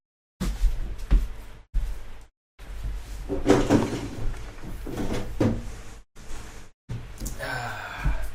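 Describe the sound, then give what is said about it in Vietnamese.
On a hot day, a window that had been left open is slid and pushed shut in several bursts of scraping and rattling, broken by brief silences, with a few bumps and a breathy gasp, ending in a higher squeaky rattle. “Còn ôi để mình đóng cái cửa này một cái.”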